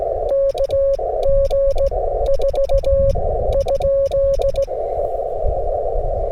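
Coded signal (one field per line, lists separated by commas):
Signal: Morse code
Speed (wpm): 17 wpm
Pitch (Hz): 550 Hz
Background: radio noise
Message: KG 4 ?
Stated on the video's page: Straight-key QRP Morse during a windy Parks on the Air activation, using a QMX and then an FT-891 transceiver.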